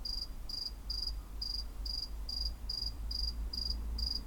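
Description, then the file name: Cricket chirping in regular bursts about every half second, high and pulsed, above a low background rumble. "CRICKET ON CATS CREEP"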